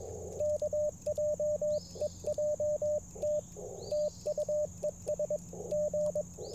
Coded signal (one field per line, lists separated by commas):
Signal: Morse code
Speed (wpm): 22 wpm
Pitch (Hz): 590 Hz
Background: radio noise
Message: KJEJT TU ES G